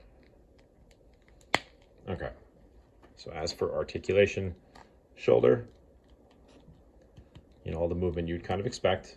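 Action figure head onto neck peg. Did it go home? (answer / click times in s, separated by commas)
yes / 1.6 s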